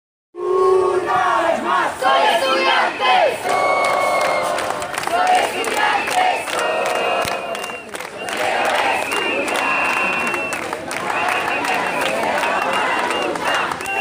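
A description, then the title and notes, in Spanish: A large crowd of students marching in the street, voices chanting and shouting continuously and densely, loud, from start to finish. Cientos de estudiantes salieron a las calles a marchar y ser escuchados. Escuchemos un canto que ellos nos brindan donde reflejan su postura.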